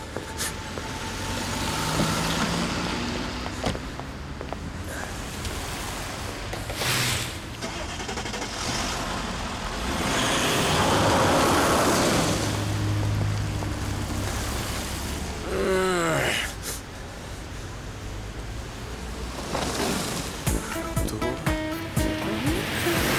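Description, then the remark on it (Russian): An expensive car's engine rumbles and builds in a steady low drone amid broad, hissing street noise, then pulls away with a short rising whine before the sound thins out. “Она садится в дорогую машину к человеку, с которым обедала.”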